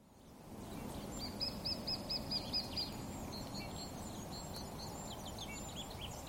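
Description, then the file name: Lesser spotted woodpecker calling, a quick run of several high, even notes, with other birds chirping and a steady background hiss. "pikkutikka"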